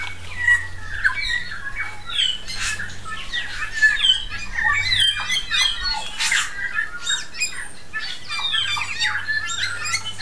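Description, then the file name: New Zealand bellbirds in full song, liquid whistles and scratchy chirps overlapping continuously, with a low humming background throughout. Several bellbirds singing on Tiritiri Matangi Island. "New Zealand Bellbirds (Anthornis melanura) singing on Tiritiri Matangi Island"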